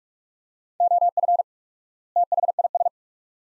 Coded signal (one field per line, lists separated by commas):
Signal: Morse code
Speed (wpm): 43 wpm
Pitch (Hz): 700 Hz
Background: none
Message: OF THIS